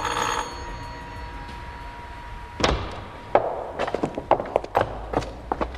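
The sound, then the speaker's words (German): A doorbell at the door of the house at Lear Road number 17 rings once as the button is pressed, its bright tone lingering and fading for a couple of seconds, followed by a series of sharp clunks and knocks like a door being handled. “Ohne zu zögern drückte der erste Detektiv auf die Klingel.”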